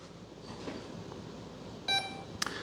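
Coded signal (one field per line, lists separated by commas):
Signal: beep code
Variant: brushless ESC programming menu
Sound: a short buzzy electronic beep, then two quick clicks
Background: quiet room hiss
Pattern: 1 beep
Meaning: One beep means braking is off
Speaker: now one beep is off for braking two beaks is soft brake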